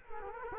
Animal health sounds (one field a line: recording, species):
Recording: mosquito wingbeat signal from an infrared sensor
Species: Culex quinquefasciatus